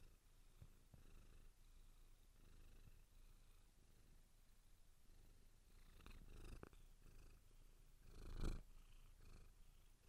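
Cat purring in a steady low rumble throughout, with a few brief louder bursts toward the end.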